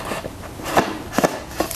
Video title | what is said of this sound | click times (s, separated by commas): Nikon 200-500mm F5.6 lens review | okay nice little solid click we got going there | 1.7 s